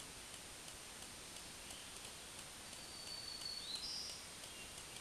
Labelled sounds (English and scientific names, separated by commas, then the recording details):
Black-throated Green Warbler (Setophaga virens) song
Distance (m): 50 m
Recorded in a Pennsylvania forest on 1 June 2023 at 07:58
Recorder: AudioMoth, point grid3_41_high
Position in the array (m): 142 m, 278 m